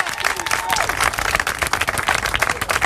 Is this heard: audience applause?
yes